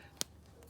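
A plastic clamp on the rear brake wear sensor cable of a BMW X3 F25 / X4 with electric hand brake is pressed onto its mount on the brake caliper bracket. It snaps on with one sharp, bright click at 0.2 s, followed by a faint tick around 0.6 s against a low background hum. The clamp is seated.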